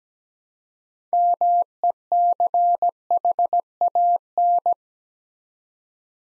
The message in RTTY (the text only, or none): none